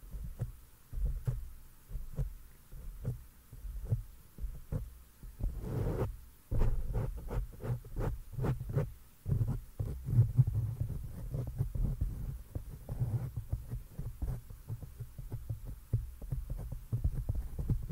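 Delicate hand movements and mic touching make a stream of soft, low thumps that come every half second or so, like a muffled heartbeat. A few brighter taps and rustles stand out, with a burst of scratchy contact around six seconds.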